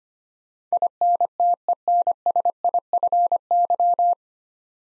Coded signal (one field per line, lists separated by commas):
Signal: Morse code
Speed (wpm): 25 wpm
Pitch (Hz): 700 Hz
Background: none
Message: INTENSIFY